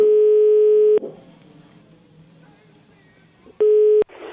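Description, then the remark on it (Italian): A telephone dial tone while redialing: a loud, steady electronic hum sounds for about a second, fades to faint background noise, then returns briefly before cutting off with a click. “Io riproverei, Riproverei, siamo Mocavero. Dai, ragazzi, forza, con la telefonata.”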